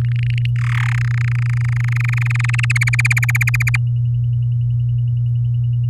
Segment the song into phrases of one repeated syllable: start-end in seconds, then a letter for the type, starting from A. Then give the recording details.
0.01-0.46 A, 0.56-0.93 B, 0.94-2.65 C, 2.70-3.77 D. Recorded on 9 May 2018 at 06:17. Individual llb16